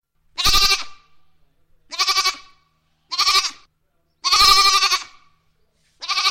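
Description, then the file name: Goat giving repeated quavering bleats, five harsh nasal calls roughly one to two seconds apart, some drawn out longer than others. "funny goat"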